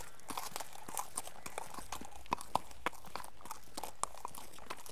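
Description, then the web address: Horse hooves: irregular crunching thuds of walking steps on gravel, with a steady background hiss. Horse walking on a muddy gravel track. "BBC Sound Effects Library. Horse Walks On Muddy Gravel Track"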